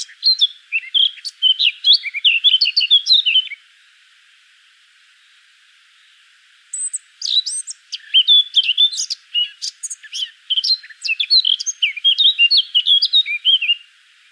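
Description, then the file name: Eurasian blackcap song in two bursts: a fast, jumbled warble for three and a half seconds, a three-second silence, then a longer run of mixed scratchy and clear whistled notes. "Sylvia atricapilla"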